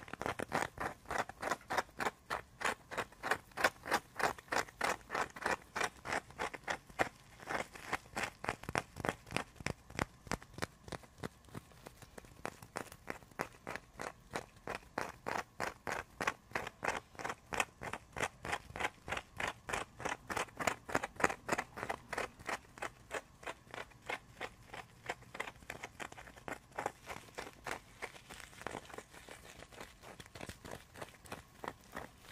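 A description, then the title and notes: Icy, frozen triggers make a fast, steady run of crisp crunchy taps, evenly spaced and bright, continuing unbroken with nothing else underneath. ASMR icy frozen triggers // tapping and scratching.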